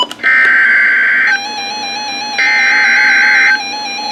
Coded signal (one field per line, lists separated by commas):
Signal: Emergency Alert System (SAME) tones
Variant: header bursts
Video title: NOAA Weather Radio EAS #396: Severe Thunderstorm Warning